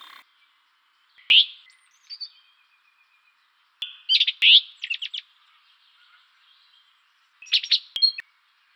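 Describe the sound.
Bird calls in several bursts: sharp high chips and a quick stuttering series of notes, separated by silent gaps.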